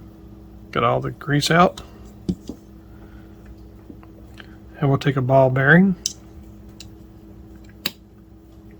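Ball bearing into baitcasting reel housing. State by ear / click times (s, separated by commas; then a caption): not seated / none. During a complete rebuild of a Daiwa PL100/PS10 baitcasting reel, with the grease cleaned out, a small metal ball bearing is picked up and handled ahead of being pressed into its seat in the reel housing. Someone talks in two bursts, with a few faint taps and a sharper tick near 7.9 s between them. The bearing has not seated or clicked into place yet when the clip ends.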